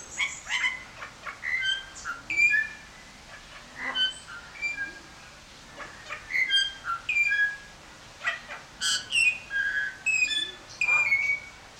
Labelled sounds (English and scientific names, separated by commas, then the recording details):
Golden Myna (Mino anais)
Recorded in captivity
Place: Zoo Berlin, Berlin, DE
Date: 1994-02-11 11:33
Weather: Bedeckt, 4°C
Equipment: Marantz CP 130, Sennheiser ME 80, Kopie Uher Variocord 263
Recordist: Tembrock, Günter